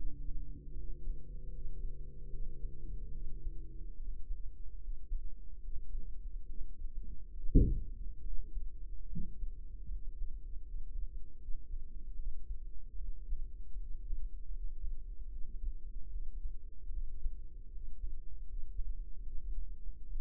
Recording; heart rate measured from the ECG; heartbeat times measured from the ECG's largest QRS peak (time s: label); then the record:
heart sounds by microphone in the right ear; 75 bpm
0.71 s: heartbeat
1.48 s: heartbeat
2.27 s: heartbeat
3.09 s: heartbeat
3.94 s: heartbeat
4.77 s: heartbeat
5.58 s: heartbeat
6.44 s: heartbeat
7.31 s: heartbeat
8.20 s: heartbeat
9.06 s: heartbeat
9.86 s: heartbeat
10.60 s: heartbeat
11.36 s: heartbeat
12.13 s: heartbeat
12.95 s: heartbeat
13.74 s: heartbeat
14.49 s: heartbeat
15.26 s: heartbeat
16.07 s: heartbeat
16.88 s: heartbeat
17.68 s: heartbeat
18.43 s: heartbeat
19.20 s: heartbeat
20.03 s: heartbeat
From the record:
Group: healthy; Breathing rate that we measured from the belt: 15 breaths a minute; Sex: female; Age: 26 years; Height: 165 cm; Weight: 55 kg